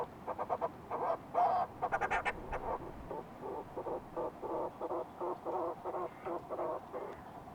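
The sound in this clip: Fulmar prion call series, a burst of rapid rasping pulses, then a steady train of evenly spaced notes.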